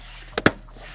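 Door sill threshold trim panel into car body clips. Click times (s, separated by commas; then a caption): 0.4 s, 0.5 s. A plastic door threshold (sill) trim panel is set in place on the car body and pressed down at the front and rear until its retaining clips engage. Two loud, sharp clicks ring out at 0.4 s and 0.5 s above quiet background music. The trim clips snap home and the panel is seated.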